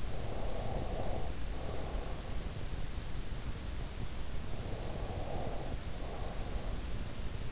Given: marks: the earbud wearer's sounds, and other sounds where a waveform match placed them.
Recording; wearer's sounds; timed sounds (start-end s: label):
sounds in sleep by an in-ear microphone; breath
0.00-2.42 s: breath
4.75-6.88 s: breath